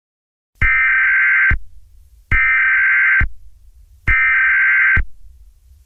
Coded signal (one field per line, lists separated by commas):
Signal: Emergency Alert System (SAME) tones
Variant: header bursts